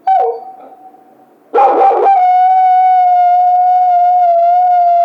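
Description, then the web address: Coyote howling: a short opening note, a harsh burst of yelps, then a long steady high howl held to the end. Howl, recorded 16 March 2010. "sounds mammals Coyote 2010 03 16 11 howl"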